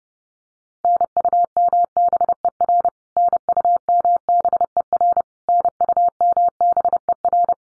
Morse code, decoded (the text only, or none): NUMBER NUMBER NUMBER